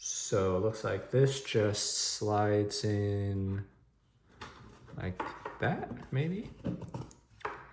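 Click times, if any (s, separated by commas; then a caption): none. Someone talks while handling the top wing of a plastic prop replica T-16 Skyhopper model spacecraft, lining it up to slide into its slot on the fuselage. Quiet scraping and light plastic taps follow the speech, with sharper handling knocks near 4.4 and 7.5 seconds. Nothing has seated or clicked yet.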